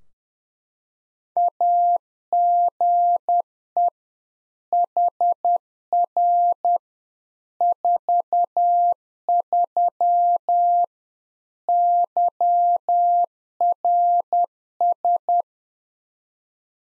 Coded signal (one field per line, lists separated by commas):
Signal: Morse code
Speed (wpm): 10 wpm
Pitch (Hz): 700 Hz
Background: none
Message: AGE HR 43 YRS